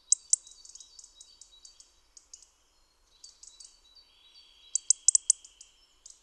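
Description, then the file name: European robin calling with rapid high ticks and clicks, a thin sustained whistle beneath, then a louder cluster of sharp notes near the end. "Erithacus rubecula"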